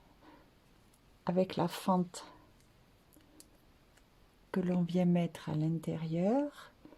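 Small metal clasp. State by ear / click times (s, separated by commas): not seated / none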